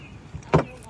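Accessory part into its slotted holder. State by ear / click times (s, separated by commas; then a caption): seated / 0.5 s. A game-console-themed accessory part is lined up with the slots of its holder and pushed in so it locks in place. After a soft low bump around 0.4 s, a sharp, bright pop at 0.55 s shows the part seating, followed by a faint tick near 0.8 s.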